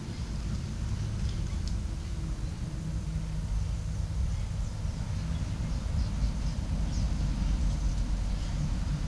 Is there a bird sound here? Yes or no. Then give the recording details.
yes. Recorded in pastures near Puerto Asís, Putumayo, Colombia, on 24 June 2025 at 11:30. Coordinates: 0.497, -76.327. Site G040